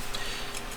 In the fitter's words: then turn it until it clicks in place